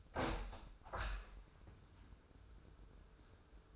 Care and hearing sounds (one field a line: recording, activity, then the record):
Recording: daily activity, microphone in the room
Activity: open window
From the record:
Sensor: 2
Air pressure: 995.6 hPa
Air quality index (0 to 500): 97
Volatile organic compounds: 5 ppm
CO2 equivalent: 1793 ppm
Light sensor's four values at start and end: 24/77/30/29 and 25/78/31/29